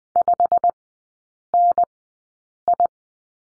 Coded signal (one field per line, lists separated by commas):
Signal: Morse code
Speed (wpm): 20 wpm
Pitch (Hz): 700 Hz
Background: none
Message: 5NI